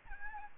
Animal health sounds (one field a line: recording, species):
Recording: mosquito wingbeat signal from an infrared sensor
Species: Aedes albopictus